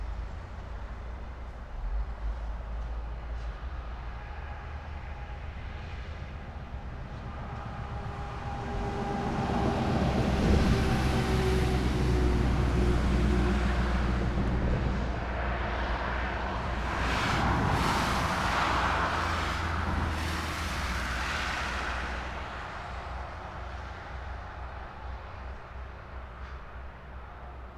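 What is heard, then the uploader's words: Steady motorway traffic at night, a constant low rumble with a hiss of tyres running throughout. Around ten seconds a heavy vehicle passes, its deep engine drone swelling, and a second loud rush of passing traffic peaks near eighteen to twenty seconds before fading back. Soothing Nighttime Motorway.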